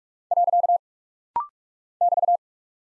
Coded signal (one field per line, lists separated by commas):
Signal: Morse code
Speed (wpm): 46 wpm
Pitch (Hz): 700 Hz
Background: none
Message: . <BT>